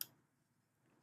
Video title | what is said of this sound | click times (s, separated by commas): Mubview Smart PTZ indoor camera SD card installation | and you just push it until you hear a click | 0.0 s